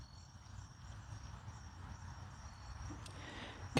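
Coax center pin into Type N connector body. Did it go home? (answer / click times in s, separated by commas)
no / none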